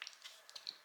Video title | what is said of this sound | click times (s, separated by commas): Spectrum 3847 FRC Battery Tutorial | and it's going to get pushed through and we make sure it actually clicks over the top like that and | 0.0 s, 0.7 s